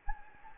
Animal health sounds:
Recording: mosquito wingbeat signal from an infrared sensor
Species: Anopheles gambiae

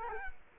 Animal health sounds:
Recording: mosquito wingbeat signal from an infrared sensor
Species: Culex quinquefasciatus

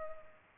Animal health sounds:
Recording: mosquito wingbeat signal from an infrared sensor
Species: Culex pipiens

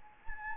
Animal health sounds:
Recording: mosquito wingbeat signal from an infrared sensor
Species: Anopheles gambiae

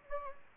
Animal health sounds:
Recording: mosquito wingbeat signal from an infrared sensor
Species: Anopheles gambiae

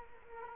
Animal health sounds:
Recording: mosquito wingbeat signal from an infrared sensor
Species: Culex quinquefasciatus

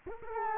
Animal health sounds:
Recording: mosquito wingbeat signal from an infrared sensor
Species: Culex quinquefasciatus

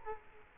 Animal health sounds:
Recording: mosquito wingbeat signal from an infrared sensor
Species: Culex quinquefasciatus

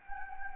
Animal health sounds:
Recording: mosquito wingbeat signal from an infrared sensor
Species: Anopheles gambiae

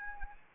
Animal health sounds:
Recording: mosquito wingbeat signal from an infrared sensor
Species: Anopheles arabiensis

